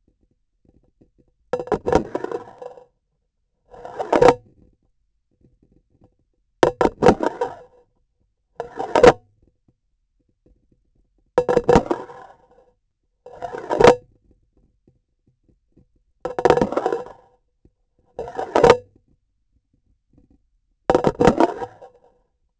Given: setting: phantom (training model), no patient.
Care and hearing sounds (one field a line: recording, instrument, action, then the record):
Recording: laparoscopic instrument, vibration sensor on the handle end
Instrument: grasping forceps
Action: insertion and removal through the trocar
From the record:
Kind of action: spatial motion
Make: Olympus